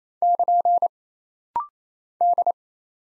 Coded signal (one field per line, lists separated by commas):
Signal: Morse code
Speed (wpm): 27 wpm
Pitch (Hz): 700 Hz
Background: none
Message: <KN> D